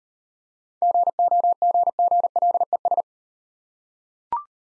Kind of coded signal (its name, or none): Morse code